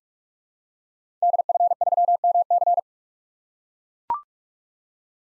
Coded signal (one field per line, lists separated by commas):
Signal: Morse code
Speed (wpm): 43 wpm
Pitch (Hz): 700 Hz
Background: none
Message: DF3MC